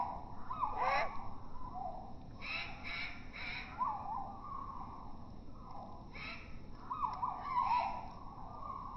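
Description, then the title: Great tit begging: scattered quavering chirps and short harsh bursts, fairly faint, spread irregularly throughout with quiet gaps. Juvenile, slowed down four times; begging for food with trembling wings while perched on the backrest of a deck chair; able to feed itself but prefers being fed; offered soaked dried mealworms. "Junge Kohlmeise bettelt melodramatisch"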